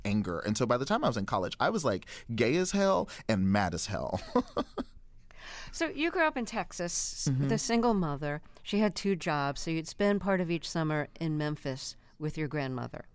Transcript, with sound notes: And so by the time I was in college, I was, like, gay as hell and mad as hell.
(LAUGHTER)
So you grew up in Texas with a single mother. She had two jobs, so you'd spend part of each summer in Memphis with your grandmother.